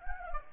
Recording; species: mosquito wingbeat signal from an infrared sensor; Anopheles gambiae